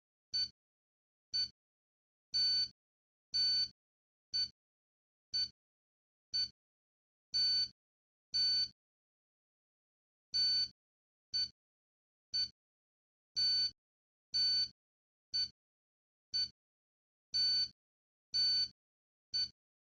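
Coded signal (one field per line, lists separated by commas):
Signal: radio time signal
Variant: DCF77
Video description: This short video shows my DCF77 analyzer clock displaying and decoding the DCF77 signal. All sounds are off bar the DCF77 live signal.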